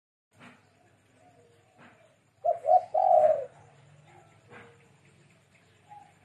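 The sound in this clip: Dove giving a short burst of low cooing notes, two brief hoots followed by a longer drawn-out coo.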